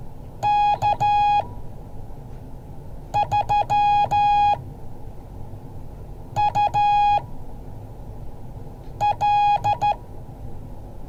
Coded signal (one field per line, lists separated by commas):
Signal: Morse code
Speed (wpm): 13 wpm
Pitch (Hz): 830 Hz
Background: none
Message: K3UL